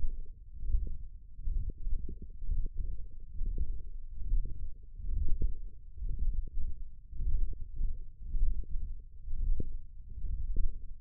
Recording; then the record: forearm muscle sounds (acoustic myography)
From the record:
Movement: ulnar deviation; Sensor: system 1, eight BSWA MPA416 microphones around the upper forearm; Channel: 6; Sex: male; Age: 21 years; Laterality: right